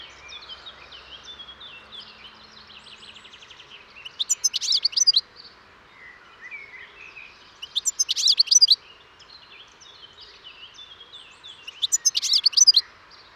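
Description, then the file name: European goldfinch calls, three loud tinkling twittering bursts roughly every four seconds, with softer chattering notes between them. "Carduelis carduelis"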